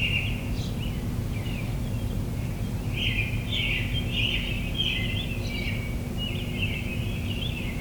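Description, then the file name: Bird chirping, a steady run of short twittering notes repeating throughout over a constant low rumble and hum. Recorded in the morning. "admiralbob 77-bird sounds in the morning"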